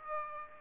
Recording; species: mosquito wingbeat signal from an infrared sensor; Aedes aegypti